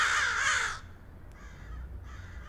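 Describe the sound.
Crow calls with one loud, harsh, grating caw lasting almost a second, followed by fainter, hoarse caws in the background.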